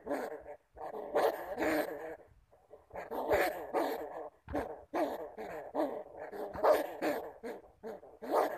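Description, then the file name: Bamboo rat growling in a series of rough, buzzy bursts with short gaps between. "Tieng dui keu"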